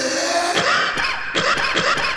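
A quick series of about five short, harsh cough bursts from an adult, acted as a sound effect.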